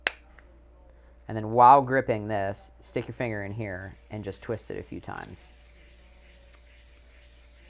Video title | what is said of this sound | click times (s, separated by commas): How To Build A Custom 12G 4K SDI Cable | this has little fingers that lock the cable in place and then you push this down until it clicks | 0.1 s